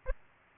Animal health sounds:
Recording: mosquito wingbeat signal from an infrared sensor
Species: Aedes aegypti

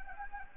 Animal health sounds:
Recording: mosquito wingbeat signal from an infrared sensor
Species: Anopheles gambiae

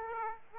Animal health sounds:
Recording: mosquito wingbeat signal from an infrared sensor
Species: Aedes aegypti

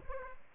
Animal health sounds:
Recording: mosquito wingbeat signal from an infrared sensor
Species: Culex pipiens

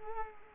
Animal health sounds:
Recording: mosquito wingbeat signal from an infrared sensor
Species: Culex quinquefasciatus

